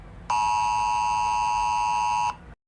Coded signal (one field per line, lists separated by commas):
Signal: Emergency Alert System (SAME) tones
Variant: 853 and 960 Hz attention tone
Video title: Eas scenario 1: 2025 asteroid disaster (Eas재난 1: 2025 소행성재난)